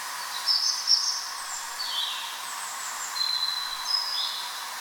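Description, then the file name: Bird song: several thin, high whistled phrases, some wavering, spaced a second or so apart, over a steady background hiss. Nocturnal bird heard on a street in Paris. "Oiseau nocturne rue du Volga Paris"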